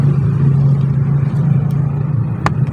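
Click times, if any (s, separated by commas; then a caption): 2.5 s. A dashboard clock or head unit is pushed home into its slot or connector in a car dash, so its time can then be set. A steady low hum runs throughout, and a sharp, loud click at 2.5 s shows the unit seating into place.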